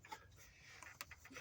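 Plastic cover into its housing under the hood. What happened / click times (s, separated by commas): The plastic cover snapped only partly into place / 1.0 s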